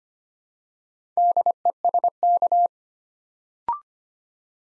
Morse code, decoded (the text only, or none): DESK